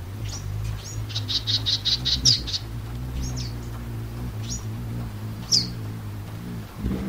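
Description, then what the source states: Costa's Hummingbird scene with a low, steady hum throughout, a quick run of sharp high notes and a few scattered high chirps. Hovering at a cactus blossom, beating the air with thrumming wings, in springtime light April rain, Anza-Borrego Desert, southeastern California.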